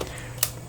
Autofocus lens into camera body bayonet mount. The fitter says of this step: turn it counterclockwise until it clicks into place and now you're ready to go